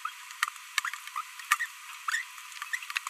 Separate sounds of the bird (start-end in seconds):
0.85-0.89, 1.16-1.21, 1.60-1.65, 2.08-2.22, 2.73-2.75